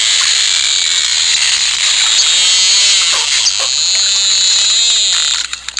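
Dolphin whistles: several arched, rising-then-falling whistled notes in the middle, under a steady loud hiss.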